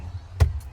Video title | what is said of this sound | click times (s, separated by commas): VOLKSWAGEN TIGUAN - OUR CHOICE ,VIDEO TO WELCOME OUR NEW CAR WITH ITS FEATURES EXPLAINED IN DETAILS | it will lock in place whenever you want to drop it you've got to go all the way up and all the way back down | 0.4 s